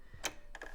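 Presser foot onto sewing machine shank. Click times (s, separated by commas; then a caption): 0.3 s. A snap-on presser foot is pushed onto the metal shank of a sewing machine and clicks into place at 0.3 seconds with a sharp, bright click. It is followed by a few softer, quieter ticks around 0.5 to 0.7 seconds. The presser foot is seated.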